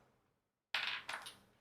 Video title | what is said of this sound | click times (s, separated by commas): Friday Night Holiday Gift Guide with Dragon Blogger - AMAZON LIVE | it's actually even easier than usb-c because it just snaps in place you don't have to plug anything in it just snaps on it so | 0.8 s